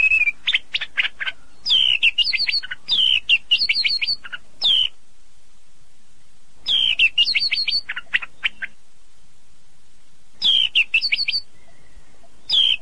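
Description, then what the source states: Bird song in loud bursts of quick chirps and sweet whistled notes, the phrases separated by pauses. From a compilation of bird sounds.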